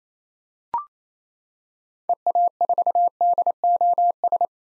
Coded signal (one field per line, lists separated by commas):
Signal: Morse code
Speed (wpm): 27 wpm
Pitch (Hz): 700 Hz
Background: none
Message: EA4DOS